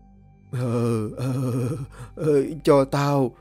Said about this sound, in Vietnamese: Tên xì ke kia rên lên từng tiếng mang dại, rồi quay dần về phía tôi.